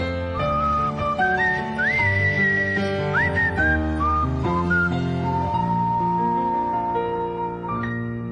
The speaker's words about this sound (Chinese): 一唱呢只歌咧，行郊野公园我就吹口哨噶啦，因为自然反应嚟嘅，只歌系冇嘅。